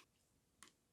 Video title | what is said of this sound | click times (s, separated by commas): How To REASSEMBLE SplatRBall GEARBOX SRB400 SPLAT-R-BALL Gun Gel Blaster Gears Motor Spring Teardown | that click and then you can move forward that click means that | 0.6 s